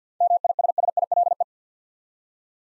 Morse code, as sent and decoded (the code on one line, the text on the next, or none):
-- .. ... ... .. .-.. .
MISSILE